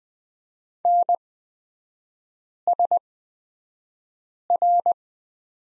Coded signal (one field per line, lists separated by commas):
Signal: Morse code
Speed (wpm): 20 wpm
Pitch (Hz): 700 Hz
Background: none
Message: NSR